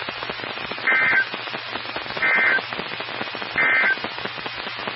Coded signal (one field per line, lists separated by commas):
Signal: Emergency Alert System (SAME) tones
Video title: EAS 1959-1963 (6/13/22)